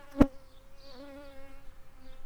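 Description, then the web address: Shrill carder bee buzz: a steady low-pitched hum that wavers slightly and swells and fades, with one sharp loud click near the start. Worker bees. "Sylvarum workers"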